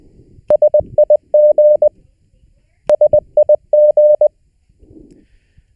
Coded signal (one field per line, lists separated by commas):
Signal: Morse code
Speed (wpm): 21 wpm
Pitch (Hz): 600 Hz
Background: none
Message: SIG SIG